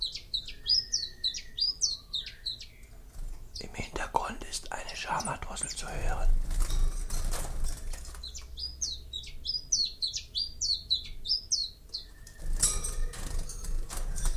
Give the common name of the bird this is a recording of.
Common Chiffchaff